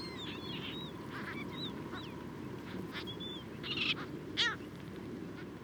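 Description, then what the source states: Mediterranean gulls calling, scattered nasal, downslurred high calls from several birds over a steady loud rushing background noise. Juvenile birds in a flock, feeding.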